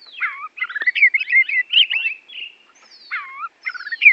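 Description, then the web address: Oriental magpie-robin song: loud, busy stream of varied whistles, downslurred notes and scratchy twists, a quieter stretch, then more whistles. Borneo; used as masteran, for training songbirds. "kacer borneo. masteran kacer"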